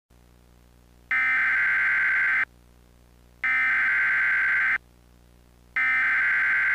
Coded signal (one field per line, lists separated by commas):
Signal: Emergency Alert System (SAME) tones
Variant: header bursts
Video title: EAS Mock - Flash Flood Emergency (2010)